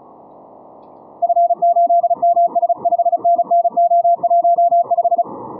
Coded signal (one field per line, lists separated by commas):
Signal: Morse code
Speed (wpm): 35 wpm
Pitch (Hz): 690 Hz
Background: music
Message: F8MS 5NNO15